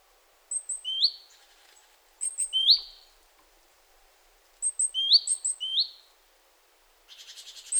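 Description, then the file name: Great tit calls in three bursts, each with high thin notes and lower buzzy notes, ending with a rapid scratchy chatter. "Parus major"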